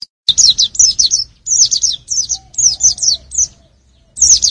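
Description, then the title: White-eye song, a dense run of high rapid chirps in tight phrases with brief breaks. "pleci"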